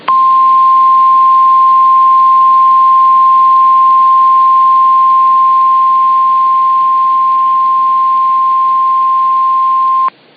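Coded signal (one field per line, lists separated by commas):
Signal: Emergency Alert System (SAME) tones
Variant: 1050 Hz attention tone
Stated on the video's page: Recreated severe thunderstorm warning for Lancaster PA over weather radio station.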